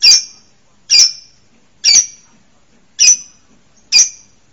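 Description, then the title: Bird repeats five loud, sharp, high-pitched chips, spaced about one second apart. Masteran song-training recording for songbirds. "LuckyBurung MasteranBest"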